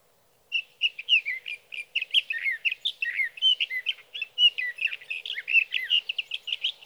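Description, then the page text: Sage thrasher singing a continuous, jumbled warble of fast slurred notes and short trills that runs on without pause after a moment of quiet. Male at his night roost in Sierra Valley, California, singing through the night from the evening of June 12 to the morning of June 15, 2018; night songs, recorded with a Swift recorder. "Birdsong for the Curious Naturalist: Explore #7. 61. Sage thrasher songs, through the night"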